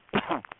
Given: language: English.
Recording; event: throat vibration sensor signal played as sound; cough